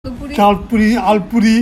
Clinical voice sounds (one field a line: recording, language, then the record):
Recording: elicited speech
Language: Bengali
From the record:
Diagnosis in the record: Broca's or global aphasia after a stroke